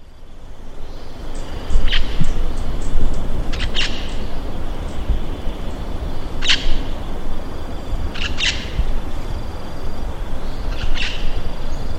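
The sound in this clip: Bird calls, brief sharp high notes repeated every two seconds or so, some doubled, over a steady high tone and low rumbling background noise.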